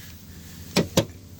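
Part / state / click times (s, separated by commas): plastic retainer clips of a door sill trim panel into the car body / seated / 0.8 s, 1.0 s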